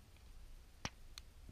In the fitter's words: yeah that's one nice satisfying click in there too